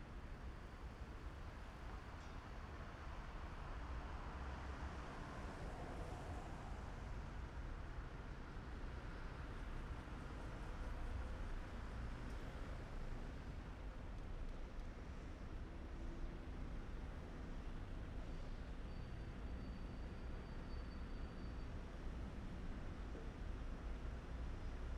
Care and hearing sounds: everyday scene through a hearing-aid microphone; in traffic; traffic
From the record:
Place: main city hub, rush hour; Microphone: behind the ear, left, front

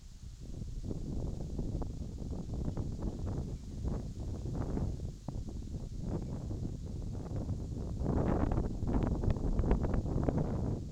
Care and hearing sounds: everyday scene through a hearing-aid microphone; wind on the microphone; wind, birds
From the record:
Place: in front of a rural house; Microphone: in the ear canal, left

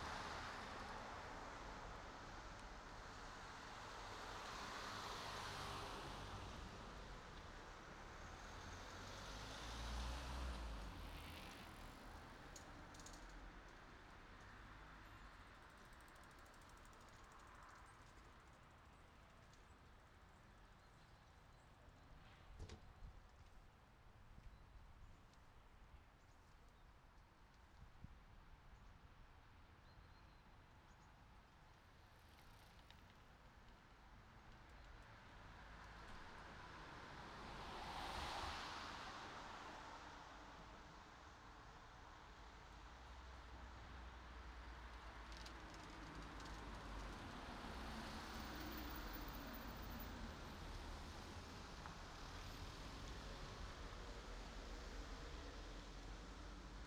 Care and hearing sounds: everyday scene through a hearing-aid microphone; in traffic; traffic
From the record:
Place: city secondary road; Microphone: in the ear canal, right

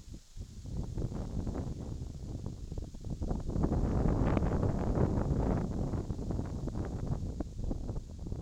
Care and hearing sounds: everyday scene through a hearing-aid microphone; wind on the microphone; squally wind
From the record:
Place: in front of a rural house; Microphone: in the ear canal, left

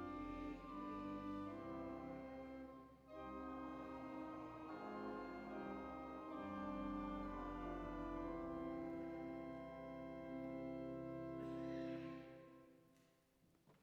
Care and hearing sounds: everyday scene through a hearing-aid microphone; reverberant space; music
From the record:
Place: church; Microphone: behind the ear, left, front

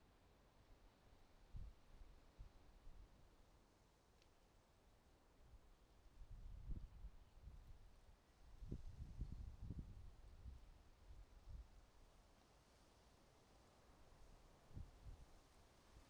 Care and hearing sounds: everyday scene through a hearing-aid microphone; wind on the microphone; wind, traffic, birds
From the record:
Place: suburban garden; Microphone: in the ear canal, right

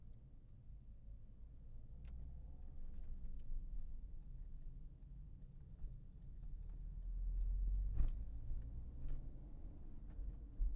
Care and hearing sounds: everyday scene through a hearing-aid microphone; in a vehicle; engine, highway driving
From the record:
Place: Berlingo II, diesel engine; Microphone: behind the ear, left, rear

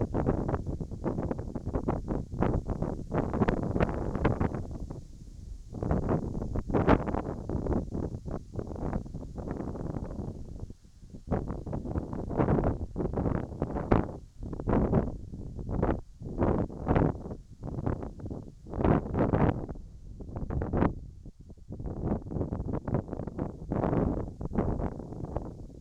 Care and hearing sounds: everyday scene through a hearing-aid microphone; wind on the microphone; wind, whistling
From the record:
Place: in front of a rural house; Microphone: in the ear canal, right

